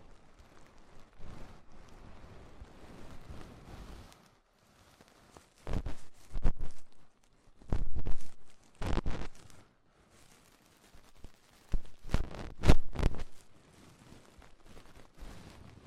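Ear cleaning sounds: soft scratchy rustles, then sharp crackling bursts around 6, 8, 9 and 12–13 seconds, separated by near-silent pauses.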